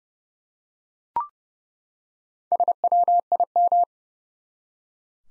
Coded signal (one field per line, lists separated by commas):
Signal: Morse code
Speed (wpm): 31 wpm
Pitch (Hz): 700 Hz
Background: none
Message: SWIM